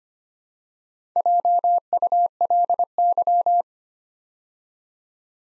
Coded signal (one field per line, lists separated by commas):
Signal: Morse code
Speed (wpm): 25 wpm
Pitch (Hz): 700 Hz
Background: none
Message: JULY